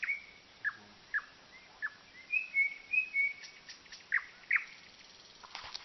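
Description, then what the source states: Common nightingale song of spaced, sharp downward notes and brief flat whistles, with a faint buzzy trill at the end. Sung at night.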